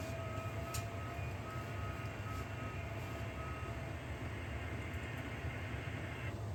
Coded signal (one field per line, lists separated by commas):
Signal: FT8